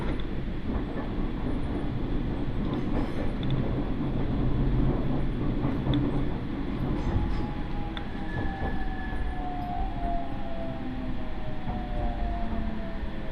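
A train on the Iida Line rumbles along steadily with low, dense running noise, and a thin gliding whine sounds from about seven seconds.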